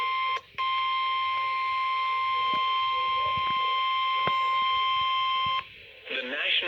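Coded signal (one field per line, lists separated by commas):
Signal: Emergency Alert System (SAME) tones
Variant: 1050 Hz attention tone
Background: speech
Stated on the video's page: Severe thunderstorm warning EAS tones received over AM/FM radio, with a brief burst of static.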